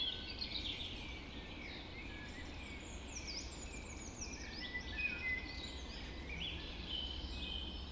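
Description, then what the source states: Birds: bird dawn chorus with several singers overlapping: warbling phrases, thin whistles and chirps running without pause above a steady low background hum. Dawn chorus recorded just after dawn in the Forest of Dean.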